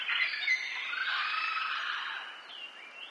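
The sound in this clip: Parrot squawking, a harsh, raspy drawn-out call that fades toward the end, with a thin rising whistle near the close.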